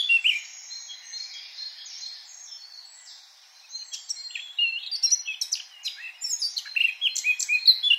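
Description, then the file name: Eurasian blackcap song: soft, scratchy chatter at first, then from about four seconds louder, varied phrases with clear whistled notes. "Sylvia atricapilla"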